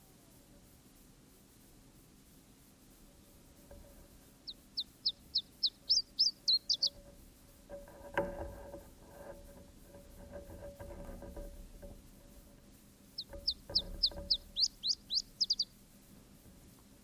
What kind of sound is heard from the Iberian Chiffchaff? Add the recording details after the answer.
song. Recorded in the wild. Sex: male. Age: adult. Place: Ramales de la Victoria, Nordspanien, Kantabrien, ES. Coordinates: 43.25, -3.46667. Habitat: meadow with bushes (e.g. blackberry) and small trees. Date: 1964-04-30 16:00. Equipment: Nagra III PH, teils Richtmikrophon, teils Parapolspiegelmikrophon, LGS26. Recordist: Sapper and Schneider, H.-J